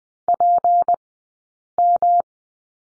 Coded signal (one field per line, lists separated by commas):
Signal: Morse code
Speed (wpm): 20 wpm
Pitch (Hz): 700 Hz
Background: none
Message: PM